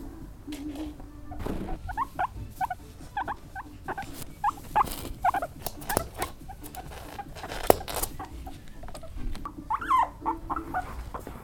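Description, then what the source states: Guinea pig giving short, scattered squeaks and chirps over rustling, pattering and handling noise, with a low purr-like rumble at times. Angry guinea pig.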